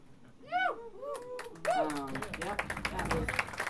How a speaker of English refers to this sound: Pause for applause.